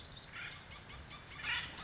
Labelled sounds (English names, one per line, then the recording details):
Acorn Woodpecker
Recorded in Sonoma County, California